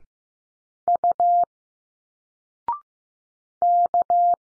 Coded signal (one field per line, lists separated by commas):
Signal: Morse code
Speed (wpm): 15 wpm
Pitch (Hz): 700 Hz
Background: none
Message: U K